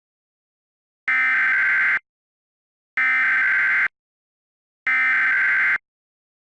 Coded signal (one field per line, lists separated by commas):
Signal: Emergency Alert System (SAME) tones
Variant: header bursts